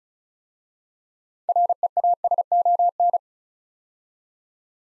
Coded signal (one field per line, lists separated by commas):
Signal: Morse code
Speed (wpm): 36 wpm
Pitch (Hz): 700 Hz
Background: none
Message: REASON